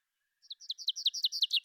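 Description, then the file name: Common chaffinch song opening, repeated sharp descending high notes growing louder, with a faint low steady tone underneath. "vink"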